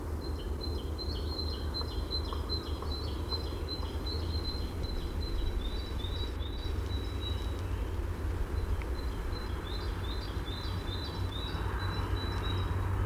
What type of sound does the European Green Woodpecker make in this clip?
call